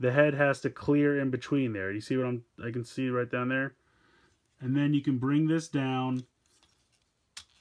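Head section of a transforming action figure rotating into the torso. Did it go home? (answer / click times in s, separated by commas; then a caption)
yes / 7.4 s. Someone talks while the plastic head section of a Transformers RID Warrior Class Soundwave transforming action figure is rotated down into the torso, lined up between two posts so the head clears. After a quiet pause, a single sharp click at 7.4 s marks the head section locking into place.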